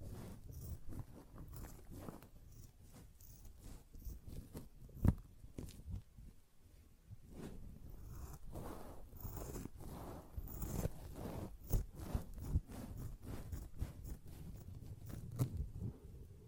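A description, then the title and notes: A sponge is worked by hand in a rapid series of short scratchy, squishing strokes that crowd together with little pause. The rubbing is mostly low and dull with brief brighter rasps, and a sharper snap stands out around five seconds, with further accents near eleven and fifteen. Sponge Sounds - Scratching, Squishing, Brushing, Cutting.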